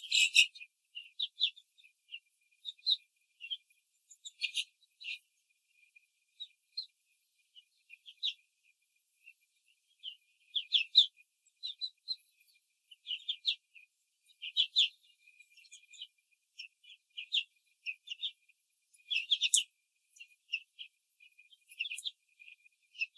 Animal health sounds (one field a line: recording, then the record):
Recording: young laying hens in a cage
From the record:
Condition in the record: control cage, after the stress test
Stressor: none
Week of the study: 4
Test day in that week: 3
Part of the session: 2